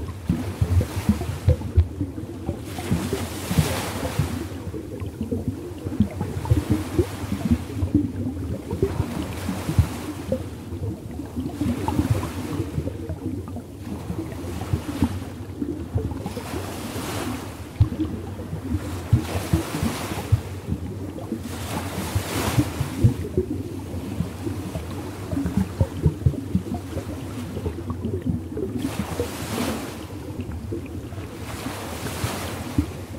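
Underwater sound: a dense, steady low rumble with hissing surges of water sweeping through roughly every three to four seconds.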